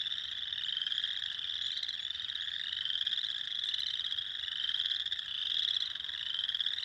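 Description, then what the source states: Spring peeper chorus of countless high peeps, each a short rising whistle, merging into an unbroken shrill din. Recorded 6 April 2021.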